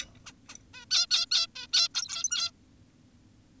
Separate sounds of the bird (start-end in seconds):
0.26-0.32, 0.49-0.55, 0.74-0.86, 0.91-1.06, 1.11-1.26, 1.32-1.47, 1.56-1.67, 1.73-1.88, 1.95-2.51